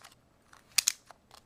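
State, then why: Not seated. The plastic wind-up dial on a G.I. Joe Sigma 6 Firefly action-figure trap accessory is spun to wind its coil mechanism, giving soft scattered ratchet ticks and two sharp, bright clicks near 0.8 and 0.9 seconds. The dial is still being wound, and nothing has clicked into its set position yet.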